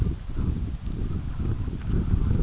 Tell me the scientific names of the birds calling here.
none